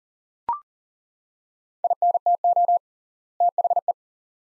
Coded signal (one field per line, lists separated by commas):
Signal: Morse code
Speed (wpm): 40 wpm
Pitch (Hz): 700 Hz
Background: none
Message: INTO THE